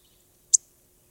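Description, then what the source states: Yellow-rumped warbler giving a single short, high, sputtered call note in quiet surroundings. Call note given in a season when the birds are not singing; described as not sharp like a sparrow's chip nor metallic like a cardinal's, but more sputtered.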